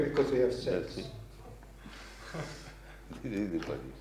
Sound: chuckling

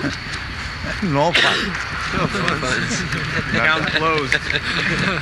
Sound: laughter

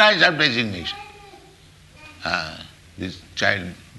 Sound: child making noise

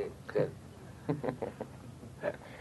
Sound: laughter

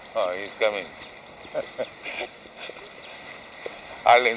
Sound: laughs

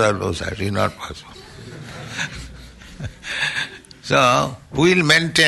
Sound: laughter

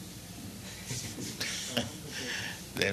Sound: laughs

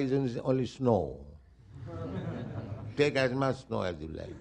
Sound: laughter

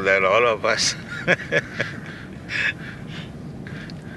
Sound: still laughing

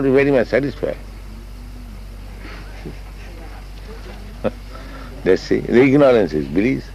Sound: laughs

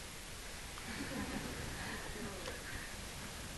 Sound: laughter

